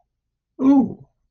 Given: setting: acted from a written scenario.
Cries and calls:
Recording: vocal sound without words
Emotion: interest

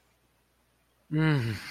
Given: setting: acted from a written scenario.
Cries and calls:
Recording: vocal sound without words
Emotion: relief

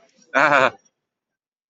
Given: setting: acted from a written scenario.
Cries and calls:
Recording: vocal sound without words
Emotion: negative surprise

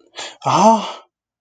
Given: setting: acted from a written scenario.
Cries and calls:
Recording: vocal sound without words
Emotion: positive surprise

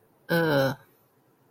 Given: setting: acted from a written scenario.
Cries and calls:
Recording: vocal sound without words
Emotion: contempt

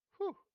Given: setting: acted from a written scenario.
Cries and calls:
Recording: vocal sound without words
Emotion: relief

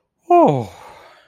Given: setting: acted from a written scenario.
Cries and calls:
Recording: vocal sound without words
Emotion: relief

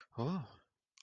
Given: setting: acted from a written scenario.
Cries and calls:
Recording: vocal sound without words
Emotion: interest

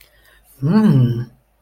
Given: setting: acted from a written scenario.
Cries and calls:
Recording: vocal sound without words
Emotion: interest

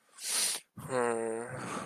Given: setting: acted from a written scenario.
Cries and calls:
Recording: vocal sound without words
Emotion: guilt

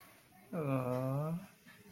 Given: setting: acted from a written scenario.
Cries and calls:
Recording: vocal sound without words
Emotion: romantic love

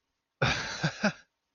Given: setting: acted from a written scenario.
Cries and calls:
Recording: vocal sound without words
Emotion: amusement

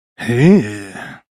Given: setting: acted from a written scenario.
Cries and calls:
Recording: vocal sound without words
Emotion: pride

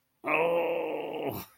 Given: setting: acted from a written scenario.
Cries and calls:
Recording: vocal sound without words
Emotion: pain

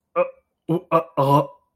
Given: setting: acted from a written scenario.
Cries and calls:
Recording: vocal sound without words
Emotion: embarrassment

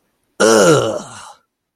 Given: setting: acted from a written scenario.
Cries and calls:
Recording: vocal sound without words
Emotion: disgust

